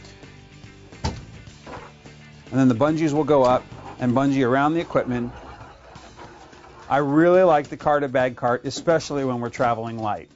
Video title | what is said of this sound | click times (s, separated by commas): WHAT WE USE - Carts: | the cart locks in place | 1.0 s